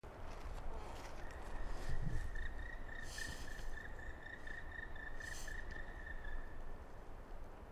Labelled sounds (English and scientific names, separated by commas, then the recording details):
Black Woodpecker (Dryocopus martius) call
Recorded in the wild
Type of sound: call
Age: adult
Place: Bernau bei Berlin, Bernauer Forst, Brandenburg, DE
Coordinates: 52.6975, 13.5211
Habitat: wood
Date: 2007-01-05 12:36
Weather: wechselhaft, ca. 5°C, mäßiger bis starker Wind
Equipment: Sound Devices 702, Sennheiser MKH 70, Windkorb
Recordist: Frommolt, Karl-Heinz
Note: Rieselflächen bei Waldfrieden: Rufe eines Schwarzspechtes (krü-krü und kijäh). Anfang der ersten Rufreihe fehlt. Aufnahme ist geschnitten: 200 bis 300 m. Tier nicht gesehen